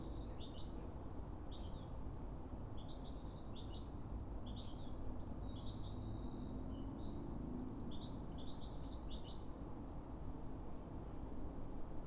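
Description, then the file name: European goldfinch twittering: a long run of quick, liquid chirps and short buzzy notes through the first ten seconds, with constant low-pitched background hum. "Carduelis carduelis"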